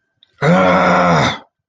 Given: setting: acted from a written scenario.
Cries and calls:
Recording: vocal sound without words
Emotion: anger

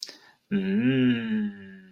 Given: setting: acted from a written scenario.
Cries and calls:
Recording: vocal sound without words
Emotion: neutral

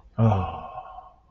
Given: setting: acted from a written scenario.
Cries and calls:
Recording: vocal sound without words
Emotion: contentment

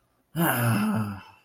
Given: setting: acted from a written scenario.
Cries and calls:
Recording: vocal sound without words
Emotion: disappointment

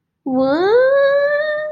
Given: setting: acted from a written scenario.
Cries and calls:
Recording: vocal sound without words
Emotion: confusion

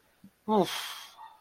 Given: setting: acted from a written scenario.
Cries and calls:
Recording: vocal sound without words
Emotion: shame

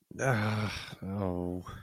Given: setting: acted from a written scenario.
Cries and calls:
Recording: vocal sound without words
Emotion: shame

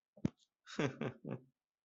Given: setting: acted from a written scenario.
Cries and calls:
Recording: vocal sound without words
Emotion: contempt

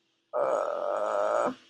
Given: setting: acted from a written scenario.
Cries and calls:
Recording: vocal sound without words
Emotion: guilt

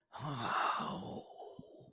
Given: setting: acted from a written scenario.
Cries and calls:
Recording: vocal sound without words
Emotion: awe

